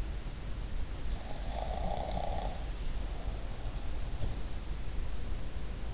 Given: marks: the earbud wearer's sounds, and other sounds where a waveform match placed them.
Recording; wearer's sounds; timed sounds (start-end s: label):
sounds in sleep by an in-ear microphone; snoring breath
1.29-4.28 s: snoring breath
4.19-4.52 s: sound from someone else or the room